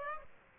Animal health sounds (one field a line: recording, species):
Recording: mosquito wingbeat signal from an infrared sensor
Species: Aedes aegypti